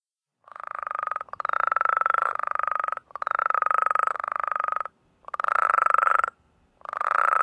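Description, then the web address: New Mexico spadefoot trilling calls, buzzy pulsed notes each lasting a second or more, given in quick succession with brief gaps, steady mid pitch. "Songs of Frogs Toads of North America. New Mexico Spadefoot"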